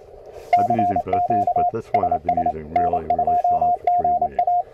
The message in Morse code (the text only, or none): CQ SS N2GA